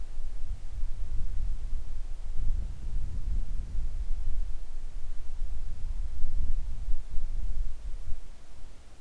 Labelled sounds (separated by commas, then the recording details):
wind
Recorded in the Arctic National Wildlife Refuge, Alaska, on 3 August 2019 at 10:42
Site 41